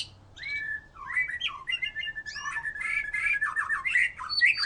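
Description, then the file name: White-rumped shama singing a dense, varied phrase of whistles, slurred notes and rapid trills with scratchy accents. "murai batu"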